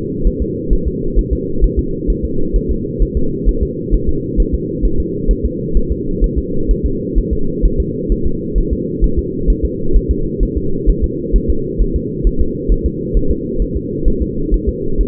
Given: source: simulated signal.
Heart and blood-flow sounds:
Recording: fetal heart sounds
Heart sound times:
0.27 s: S1
0.42 s: S2
0.73 s: S1
0.88 s: S2
1.19 s: S1
1.33 s: S2
1.64 s: S1
1.79 s: S2
2.10 s: S1
2.25 s: S2
2.56 s: S1
2.71 s: S2
3.03 s: S1
3.17 s: S2
3.49 s: S1
3.63 s: S2
3.94 s: S1
4.09 s: S2
4.40 s: S1
4.54 s: S2
4.85 s: S1
5.00 s: S2
5.31 s: S1
5.45 s: S2
5.77 s: S1
5.92 s: S2
6.24 s: S1
6.38 s: S2
6.71 s: S1
6.86 s: S2
7.18 s: S1
7.33 s: S2
7.66 s: S1
7.80 s: S2
8.12 s: S1
8.27 s: S2
8.58 s: S1
8.73 s: S2
9.04 s: S1
9.19 s: S2
9.50 s: S1
9.65 s: S2
9.96 s: S1
10.11 s: S2
10.43 s: S1
10.57 s: S2
10.90 s: S1
11.04 s: S2
11.36 s: S1
11.50 s: S2
11.82 s: S1
11.96 s: S2
12.27 s: S1
12.41 s: S2
12.72 s: S1
12.86 s: S2
13.17 s: S1
13.31 s: S2
13.62 s: S1
13.77 s: S2
14.08 s: S1
14.22 s: S2
14.54 s: S1
14.69 s: S2
15.01 s: S1
From the record:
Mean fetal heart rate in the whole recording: 130 bpm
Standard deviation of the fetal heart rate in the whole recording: 2 bpm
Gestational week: 36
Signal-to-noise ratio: -8.1 dB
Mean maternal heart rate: 72 bpm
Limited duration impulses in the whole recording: absent

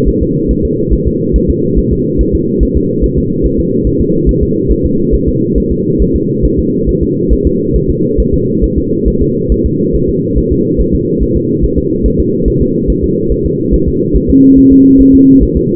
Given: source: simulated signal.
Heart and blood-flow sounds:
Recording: fetal heart sounds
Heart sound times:
0.08 s: S1
0.22 s: S2
0.51 s: S1
0.65 s: S2
0.93 s: S1
1.07 s: S2
1.36 s: S1
1.50 s: S2
1.78 s: S1
1.93 s: S2
2.21 s: S1
2.35 s: S2
2.63 s: S1
2.77 s: S2
3.04 s: S1
3.18 s: S2
3.46 s: S1
3.60 s: S2
3.87 s: S1
4.01 s: S2
4.29 s: S1
4.43 s: S2
4.71 s: S1
4.85 s: S2
5.14 s: S1
5.29 s: S2
5.58 s: S1
5.72 s: S2
6.02 s: S1
6.16 s: S2
6.45 s: S1
6.59 s: S2
6.89 s: S1
7.03 s: S2
7.32 s: S1
7.47 s: S2
7.76 s: S1
7.90 s: S2
8.20 s: S1
8.34 s: S2
8.64 s: S1
8.78 s: S2
9.08 s: S1
9.22 s: S2
9.52 s: S1
9.66 s: S2
9.95 s: S1
10.09 s: S2
10.38 s: S1
10.52 s: S2
10.81 s: S1
10.95 s: S2
11.23 s: S1
11.37 s: S2
11.64 s: S1
11.78 s: S2
12.06 s: S1
12.20 s: S2
12.48 s: S1
12.62 s: S2
12.90 s: S1
13.04 s: S2
13.32 s: S1
13.46 s: S2
13.74 s: S1
13.88 s: S2
14.16 s: S1
14.30 s: S2
14.58 s: S1
14.72 s: S2
15.01 s: S1
15.15 s: S2
15.43 s: S1
15.57 s: S2
From the record:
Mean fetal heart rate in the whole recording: 140 bpm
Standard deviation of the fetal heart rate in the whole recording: 2 bpm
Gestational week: 34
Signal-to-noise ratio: -11.2 dB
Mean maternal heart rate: 72 bpm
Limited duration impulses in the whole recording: present

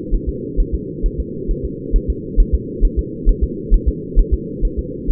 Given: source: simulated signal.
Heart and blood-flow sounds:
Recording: fetal heart sounds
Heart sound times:
0.14 s: S1
0.29 s: S2
0.60 s: S1
0.75 s: S2
1.06 s: S1
1.20 s: S2
1.51 s: S1
1.65 s: S2
1.96 s: S1
2.10 s: S2
2.40 s: S1
2.55 s: S2
2.85 s: S1
2.99 s: S2
3.29 s: S1
3.44 s: S2
3.74 s: S1
3.88 s: S2
4.19 s: S1
4.34 s: S2
4.65 s: S1
4.79 s: S2
5.11 s: S1
From the record:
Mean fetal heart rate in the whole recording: 130 bpm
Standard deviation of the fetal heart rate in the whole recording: 4 bpm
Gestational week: 38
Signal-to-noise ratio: -4.1 dB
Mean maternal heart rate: no maternal heart sound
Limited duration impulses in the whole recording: absent

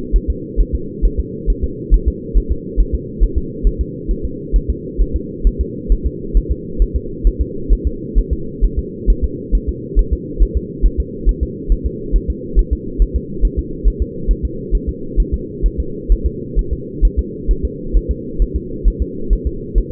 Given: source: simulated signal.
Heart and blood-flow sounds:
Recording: fetal heart sounds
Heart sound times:
0.16 s: S1
0.30 s: S2
0.60 s: S1
0.75 s: S2
1.05 s: S1
1.19 s: S2
1.50 s: S1
1.64 s: S2
1.94 s: S1
2.08 s: S2
2.37 s: S1
2.52 s: S2
2.80 s: S1
2.95 s: S2
3.23 s: S1
3.38 s: S2
3.67 s: S1
3.81 s: S2
4.11 s: S1
4.25 s: S2
4.56 s: S1
4.70 s: S2
5.01 s: S1
5.16 s: S2
5.47 s: S1
5.61 s: S2
5.92 s: S1
6.06 s: S2
6.37 s: S1
6.51 s: S2
6.82 s: S1
6.96 s: S2
7.27 s: S1
7.41 s: S2
7.73 s: S1
7.87 s: S2
8.19 s: S1
8.33 s: S2
8.64 s: S1
8.79 s: S2
9.10 s: S1
9.24 s: S2
9.55 s: S1
9.69 s: S2
9.99 s: S1
10.13 s: S2
10.42 s: S1
10.57 s: S2
10.86 s: S1
11.00 s: S2
11.29 s: S1
11.43 s: S2
11.72 s: S1
11.86 s: S2
12.16 s: S1
12.30 s: S2
12.59 s: S1
12.73 s: S2
13.02 s: S1
13.16 s: S2
13.45 s: S1
13.59 s: S2
13.88 s: S1
14.02 s: S2
14.31 s: S1
14.45 s: S2
14.75 s: S1
14.89 s: S2
15.20 s: S1
15.34 s: S2
15.66 s: S1
15.80 s: S2
16.12 s: S1
16.26 s: S2
16.59 s: S1
16.73 s: S2
17.05 s: S1
17.19 s: S2
17.51 s: S1
17.65 s: S2
17.97 s: S1
18.11 s: S2
18.42 s: S1
18.56 s: S2
18.88 s: S1
19.02 s: S2
19.33 s: S1
19.47 s: S2
19.78 s: S1
From the record:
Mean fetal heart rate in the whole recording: 135 bpm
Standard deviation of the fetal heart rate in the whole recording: 3 bpm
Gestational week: 36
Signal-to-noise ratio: -4.3 dB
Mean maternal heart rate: 72 bpm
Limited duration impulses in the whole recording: present

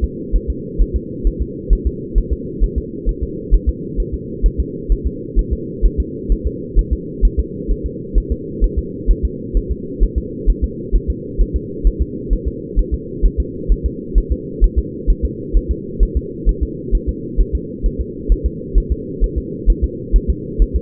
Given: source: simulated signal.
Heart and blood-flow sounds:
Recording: fetal heart sounds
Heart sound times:
0.04 s: S2
0.36 s: S1
0.50 s: S2
0.82 s: S1
0.96 s: S2
1.27 s: S1
1.42 s: S2
1.73 s: S1
1.87 s: S2
2.18 s: S1
2.33 s: S2
2.64 s: S1
2.78 s: S2
3.09 s: S1
3.23 s: S2
3.54 s: S1
3.69 s: S2
4.00 s: S1
4.14 s: S2
4.46 s: S1
4.60 s: S2
4.92 s: S1
5.07 s: S2
5.39 s: S1
5.53 s: S2
5.86 s: S1
6.00 s: S2
6.32 s: S1
6.47 s: S2
6.79 s: S1
6.93 s: S2
7.25 s: S1
7.40 s: S2
7.72 s: S1
7.86 s: S2
8.18 s: S1
8.32 s: S2
8.64 s: S1
8.79 s: S2
9.11 s: S1
9.25 s: S2
9.57 s: S1
9.72 s: S2
10.04 s: S1
10.18 s: S2
10.50 s: S1
10.64 s: S2
10.96 s: S1
11.10 s: S2
11.41 s: S1
11.56 s: S2
11.87 s: S1
12.02 s: S2
12.33 s: S1
12.48 s: S2
12.79 s: S1
12.94 s: S2
13.26 s: S1
13.40 s: S2
13.72 s: S1
13.86 s: S2
14.18 s: S1
14.32 s: S2
14.64 s: S1
14.79 s: S2
15.10 s: S1
15.25 s: S2
15.57 s: S1
15.71 s: S2
16.03 s: S1
16.17 s: S2
16.49 s: S1
16.63 s: S2
16.95 s: S1
17.09 s: S2
17.41 s: S1
17.55 s: S2
17.86 s: S1
18.01 s: S2
18.32 s: S1
18.46 s: S2
18.78 s: S1
18.92 s: S2
19.24 s: S1
19.38 s: S2
19.70 s: S1
19.84 s: S2
20.16 s: S1
20.30 s: S2
20.62 s: S1
20.76 s: S2
From the record:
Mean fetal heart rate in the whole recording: 130 bpm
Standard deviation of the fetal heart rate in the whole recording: 2 bpm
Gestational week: 36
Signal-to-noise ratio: -4.1 dB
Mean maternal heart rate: no maternal heart sound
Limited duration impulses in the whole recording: absent

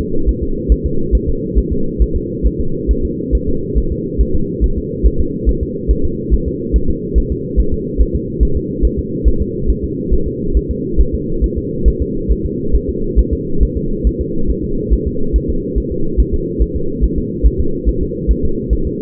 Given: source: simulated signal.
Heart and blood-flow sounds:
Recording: fetal heart sounds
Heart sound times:
0.01 s: S2
0.29 s: S1
0.43 s: S2
0.72 s: S1
0.86 s: S2
1.15 s: S1
1.29 s: S2
1.59 s: S1
1.73 s: S2
2.02 s: S1
2.16 s: S2
2.47 s: S1
2.61 s: S2
2.91 s: S1
3.05 s: S2
3.35 s: S1
3.49 s: S2
3.78 s: S1
3.92 s: S2
4.21 s: S1
4.35 s: S2
4.64 s: S1
4.78 s: S2
5.06 s: S1
5.20 s: S2
5.49 s: S1
5.63 s: S2
5.91 s: S1
6.05 s: S2
6.34 s: S1
6.48 s: S2
6.76 s: S1
6.90 s: S2
7.18 s: S1
7.32 s: S2
7.60 s: S1
7.74 s: S2
8.01 s: S1
8.15 s: S2
8.43 s: S1
8.57 s: S2
8.85 s: S1
8.99 s: S2
9.28 s: S1
9.42 s: S2
9.70 s: S1
9.84 s: S2
10.13 s: S1
10.27 s: S2
10.57 s: S1
10.71 s: S2
11.01 s: S1
11.15 s: S2
11.44 s: S1
11.58 s: S2
11.88 s: S1
12.02 s: S2
12.32 s: S1
12.46 s: S2
12.76 s: S1
12.90 s: S2
13.19 s: S1
13.33 s: S2
13.63 s: S1
13.77 s: S2
14.07 s: S1
14.21 s: S2
14.50 s: S1
14.64 s: S2
14.93 s: S1
15.07 s: S2
15.36 s: S1
15.50 s: S2
15.78 s: S1
15.92 s: S2
16.20 s: S1
16.34 s: S2
16.62 s: S1
16.76 s: S2
17.04 s: S1
17.18 s: S2
17.46 s: S1
17.60 s: S2
17.89 s: S1
18.03 s: S2
18.31 s: S1
18.45 s: S2
18.73 s: S1
18.87 s: S2
From the record:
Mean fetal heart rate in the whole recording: 140 bpm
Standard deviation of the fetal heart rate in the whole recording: 2 bpm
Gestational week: 34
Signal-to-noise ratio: -8.1 dB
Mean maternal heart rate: 72 bpm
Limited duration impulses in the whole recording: absent

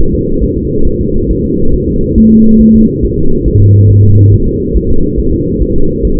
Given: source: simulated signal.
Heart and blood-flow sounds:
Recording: fetal heart sounds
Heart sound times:
0.01 s: S1
0.15 s: S2
0.44 s: S1
0.57 s: S2
0.87 s: S1
1.01 s: S2
1.31 s: S1
1.45 s: S2
1.74 s: S1
1.88 s: S2
2.18 s: S1
2.32 s: S2
2.62 s: S1
2.75 s: S2
3.05 s: S1
3.19 s: S2
3.48 s: S1
3.62 s: S2
3.91 s: S1
4.05 s: S2
4.34 s: S1
4.47 s: S2
4.77 s: S1
4.91 s: S2
5.19 s: S1
5.33 s: S2
5.62 s: S1
5.76 s: S2
6.05 s: S1
6.19 s: S2
From the record:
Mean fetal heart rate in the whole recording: 140 bpm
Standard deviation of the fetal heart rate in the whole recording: 2 bpm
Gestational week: 34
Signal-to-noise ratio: -19.1 dB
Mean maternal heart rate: 72 bpm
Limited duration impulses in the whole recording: present

